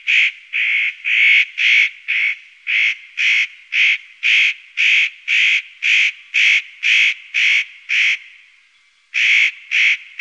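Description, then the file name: Spotted nutcracker calling in a long run of grating, croaking notes, steady at roughly two per second, then a brief gap and more calls. "Notkraka"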